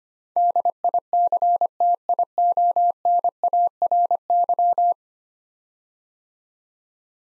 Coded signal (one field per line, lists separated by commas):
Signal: Morse code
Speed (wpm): 25 wpm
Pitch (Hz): 700 Hz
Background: none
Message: DICTIONARY